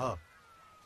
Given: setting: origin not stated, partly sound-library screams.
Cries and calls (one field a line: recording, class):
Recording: one-second piece from a danger detection set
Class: normal situation